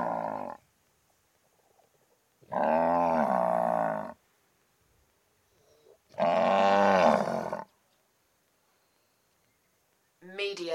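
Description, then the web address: Cow mooing: long, loud, rough lowing calls lasting over a second each, repeated with quiet gaps between them. "the sound pack tree. cow moos"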